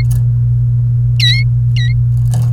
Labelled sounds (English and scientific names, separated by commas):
Domestic Canary (Serinus canaria) song